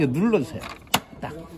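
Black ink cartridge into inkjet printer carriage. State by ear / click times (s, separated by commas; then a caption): seated / 0.9 s. A black ink cartridge, chip facing inward, is pushed forward into the carriage of a Samsung SL-J1680 inkjet multifunction printer while someone talks. A sharp click at 0.9 s marks the cartridge snapping into place, seated.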